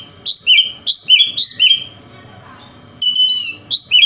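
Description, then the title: Oriental magpie-robin song: bright whistled phrases, falling and rising notes in bursts, a pause near the middle, then further sharp whistles. Local name kacer; song described as konslet, said to provoke other magpie-robins. "Kacer Konslet Bikin Kacer Lain"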